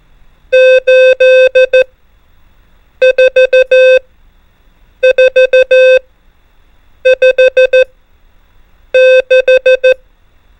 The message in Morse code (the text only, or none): 8 4 4 5 6